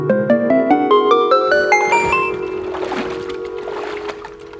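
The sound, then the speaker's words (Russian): A quick rising run of bright, stepped tones climbs in pitch, then gives way to a soft wash of sloshing water as a bucket settles onto the surface of the water. No one speaks. “Бодейка давно уже на воду села, а кролик все не шелохнется.”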